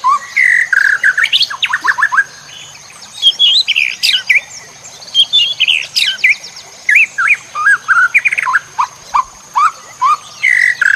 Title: MASTERAN MURAI BATU LABAIK